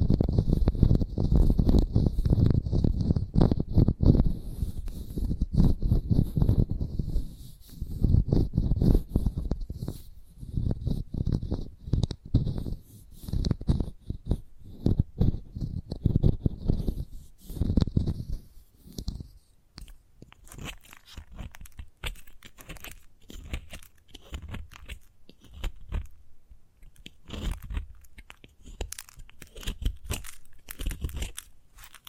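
Chalk scratching and carving in dense, gritty crunches, heavier in the first twenty seconds, then thinning into sparse, sharp taps and scrapes.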